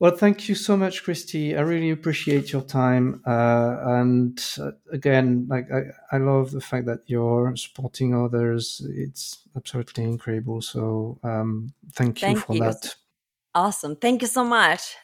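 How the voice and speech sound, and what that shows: An adult thanks a guest warmly in clear, fluent conversational speech, with steady voicing, moderate pitch variation and natural short pauses. Ordinary, typical speech with no audible disorder, in a quiet room.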